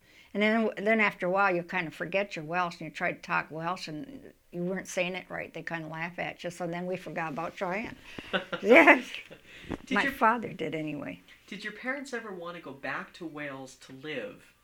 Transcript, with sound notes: And then after awhile you kind of forget your Welsh and you try to talk Welsh and you weren't saying it right they kind of laugh at you so then we forgot about trying. (all laugh) My father did anyway.
Did you parents ever want to go back to Wales to live?